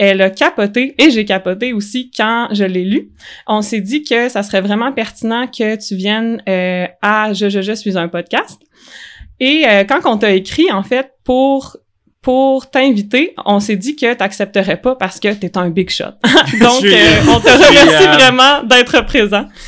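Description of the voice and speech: A woman speaks French fluently and warmly at a lively pace, ending with laughter; ordinary conversational speech.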